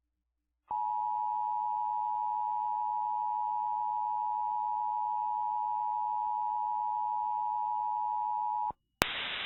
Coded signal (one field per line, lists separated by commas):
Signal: Emergency Alert System (SAME) tones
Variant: 853 and 960 Hz attention tone